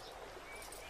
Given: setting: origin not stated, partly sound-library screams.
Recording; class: one-second piece from a danger detection set; normal situation